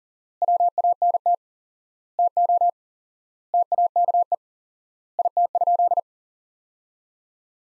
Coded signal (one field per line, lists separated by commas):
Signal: Morse code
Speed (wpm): 40 wpm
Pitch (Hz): 700 Hz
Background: none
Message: WANT TO TAKE IT?